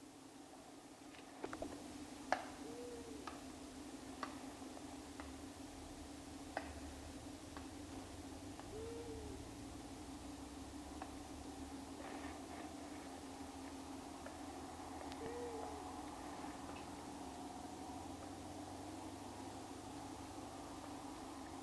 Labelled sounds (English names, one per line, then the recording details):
Long-eared Owl
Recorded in the wild
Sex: pair
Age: adult
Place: Rötlen, Baden-Württemberg, DE
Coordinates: 48.9664, 10.2194
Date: 1972-04-13
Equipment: Uher Report 4200, Scotch-Classic 19cm, AKG D190C in Doppelparabolreflektoren
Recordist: Krey, Winfried